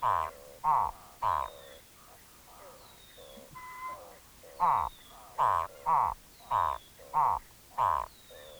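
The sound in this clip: Amphibian calling with short, harsh croaks repeated about every half second, with a pause midway, and thin descending whistles in the background.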